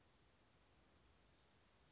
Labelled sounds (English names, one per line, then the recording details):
Western Flycatcher
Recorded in Sonoma County, California